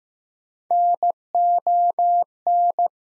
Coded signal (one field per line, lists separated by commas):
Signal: Morse code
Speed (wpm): 15 wpm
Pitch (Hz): 700 Hz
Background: none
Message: NON